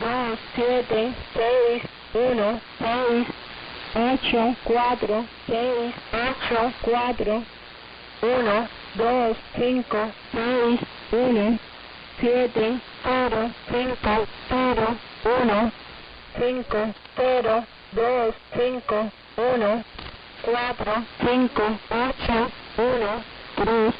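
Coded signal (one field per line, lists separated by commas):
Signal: numbers station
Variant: HM01, Spanish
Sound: a voice reading single Spanish digits at a steady even pace, with brief pauses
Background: radio static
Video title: 23 01 2023 Numbers HM01 Cuban Spy in Spanish 1700 on 11530 Bejucal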